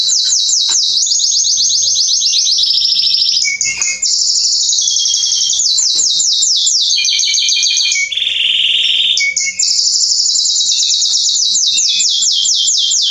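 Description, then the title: Canary song, a long continuous performance of fast rolling trills and sweeping note series, with a lower buzzy passage midway, sung throughout without stopping. Male Belgian canary singing a lot, used to warm up young canaries; named Canário Pastinha. "Esquente Seu Filhote E Canario Belga Em 30 Minutos Macho Cantando Muito. Esquente seu canrio belga em 30 minutos - Canrio Pastinha cantando"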